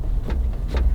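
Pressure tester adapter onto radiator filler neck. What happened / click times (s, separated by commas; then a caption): The adapter is being handled and turned but has not locked yet; no seating click / none. A cooling system pressure tester adapter is screwed onto a radiator filler neck and turned toward its locked position. A steady low rumble runs throughout, with two brief scraping, rustling bursts around 0.3 and 0.75 seconds. Nothing has seated or clicked yet.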